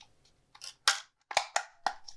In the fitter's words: until it clicks